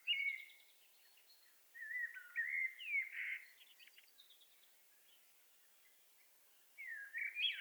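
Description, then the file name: Common blackbird song of low, rich fluted whistles with slurred turns, several phrases in the first half and another after a long pause. "Turdus merula"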